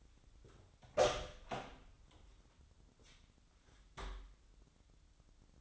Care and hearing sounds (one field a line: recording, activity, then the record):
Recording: daily activity, microphone in the room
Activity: open door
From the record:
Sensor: 3